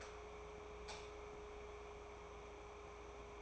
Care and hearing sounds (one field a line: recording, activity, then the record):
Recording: daily activity, microphone in the room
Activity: light off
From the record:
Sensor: 1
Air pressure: 1010.3 hPa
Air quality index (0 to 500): 171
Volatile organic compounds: 12 ppm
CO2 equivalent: 2349 ppm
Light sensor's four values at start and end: 55/149/60/75 and 52/135/55/70